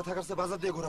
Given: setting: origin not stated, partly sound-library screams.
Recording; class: one-second piece from a danger detection set; normal situation